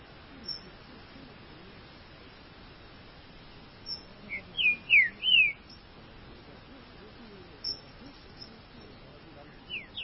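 Green-winged saltator singing one brief phrase of a few clear whistled notes, mostly sliding downward, with faint notes before and after.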